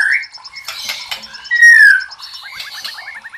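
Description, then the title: White-rumped shama song: a varied burst of chattering notes, a loud slurred whistle, then a quick run of short repeated rising chips. Masteran (training recording for cage birds). "MURAI BATU LABAIK"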